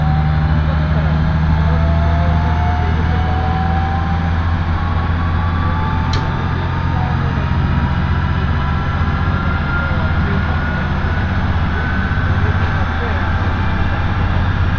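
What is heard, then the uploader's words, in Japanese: A Tarumi Railway train running from Morera Gifu toward Tarumi: a steady, heavy low rumble and drone carry through the whole stretch, with faint whining tones slowly sliding in pitch above it. A brief sharp click comes near six seconds, another softer one around eight. 樽見鉄道 モレラ岐阜→樽見。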